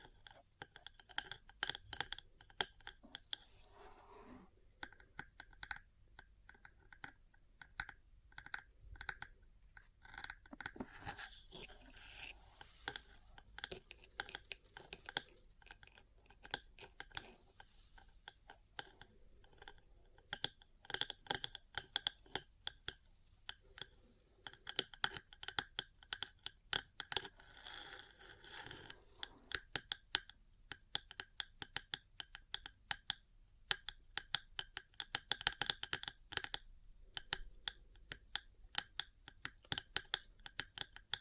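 Small metal parts tap and scratch in rapid, irregular bursts throughout, with sharp bright clicks and gritty scraping over a faint low hum.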